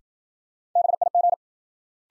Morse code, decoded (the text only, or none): BIG